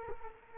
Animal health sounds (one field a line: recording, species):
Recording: mosquito wingbeat signal from an infrared sensor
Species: Culex quinquefasciatus